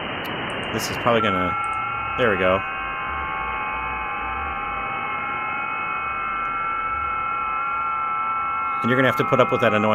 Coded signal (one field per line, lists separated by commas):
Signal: FT8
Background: speech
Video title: Wednesday Night Live DX 9-7-22